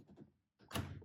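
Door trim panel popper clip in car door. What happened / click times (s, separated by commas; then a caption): A plastic trim clip pops free of the metal panel / 0.8 s. A plastic door card popper clip on a Seat Arona is prised out of the metal door with a screwdriver from underneath. Faint scraping comes first, then a short silence, then a sharp broadband pop at 0.8 s with a brief rattling tail. The door trim panel clip pops free and is released.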